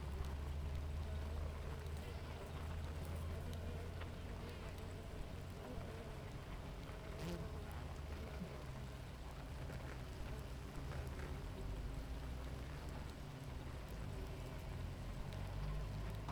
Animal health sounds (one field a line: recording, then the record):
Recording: honeybee colony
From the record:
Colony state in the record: active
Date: 28 July 2017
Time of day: 7:25